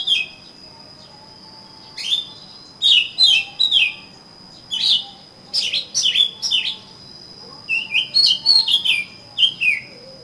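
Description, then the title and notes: Oriental magpie-robin song: bright whistled notes in short groups, downslurs and twisting slurs, pauses between phrases, faint constant high tone in the background. "suara kacer. kumpulan suara burung kacer"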